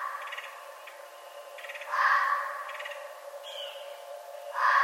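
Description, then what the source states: Red fox harsh, raspy bursts, two loud ones about three seconds apart, with fainter rapid clicking pulses between them over a steady low hum. Recorded on 11 November 2011.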